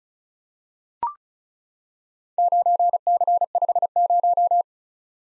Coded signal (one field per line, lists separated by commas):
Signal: Morse code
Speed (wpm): 36 wpm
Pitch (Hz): 700 Hz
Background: none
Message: 9C50